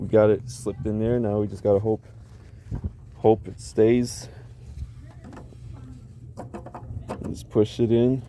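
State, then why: Not seated. Someone talks while a headlight bulb assembly is slipped into position in the headlight housing of a 1994 Ford F-250 truck and held there, lined up before being pushed in. A brief soft tap is heard around 6.8 s between the speech, but nothing has seated or clicked yet.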